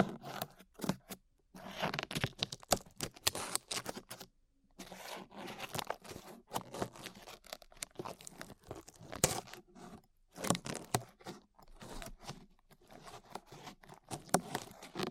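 Glue being peeled off ears: dense, crackly tearing and sticky ripping sounds come in irregular bursts, bright and full of fine crinkles. Short silent gaps break the activity, with a clear pause around four to five seconds, before the rapid peeling resumes.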